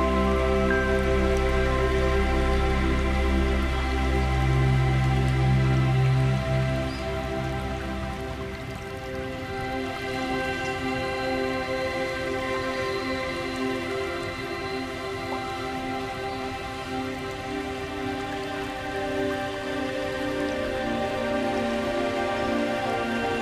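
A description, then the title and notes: Water runs down a forest river in a steady, dense wash, with a patter like falling drops layered over it. A low rumble fills the first eight seconds, strongest around five to seven seconds, then drops away, leaving a slightly quieter, even flow. Relaxing sound of falling snow and water running down the river in the forest.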